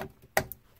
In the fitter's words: slide it down till you hear it latch that's